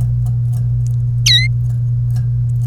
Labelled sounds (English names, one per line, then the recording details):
Domestic Canary song
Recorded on 1 May 2018 at 15:31
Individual llb3